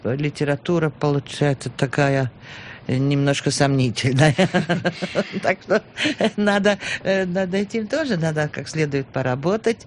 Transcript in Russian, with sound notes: литература получается такая, немножко сомнительная. (смеется) Так вот. Над этим тоже надо как следует поработать.